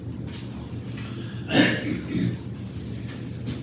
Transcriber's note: clears throat